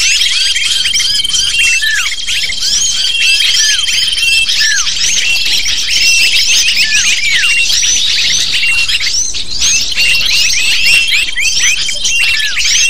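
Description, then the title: Lovebird flock keeps up loud, shrill chattering, countless short squeaks overlapping, with faint steady thin tones audible behind them. Lure sound used to attract lovebirds. "PIKAT BURUNG LOVEBIRD"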